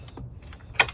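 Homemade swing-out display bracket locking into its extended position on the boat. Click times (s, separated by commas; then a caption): 0.8 s. A homemade swing-out bracket holding the GPS/depth display on a Catalina 25 sailboat is pulled back out from its tucked-away position and locks into its extended position. A few faint soft taps come first, then a sharp, bright click at 0.8 s as it seats, followed by a smaller tap.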